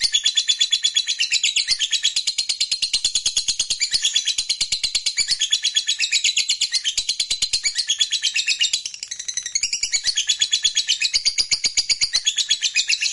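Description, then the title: Lovebird singing a long, continuous run of rapid, high, buzzy chattering notes, pulsing steadily about three times a second with a brief dip near the ninth second. Fighter lovebird, gacor (singing energetically). "SUARA Lovebird FIGHTER GACOR"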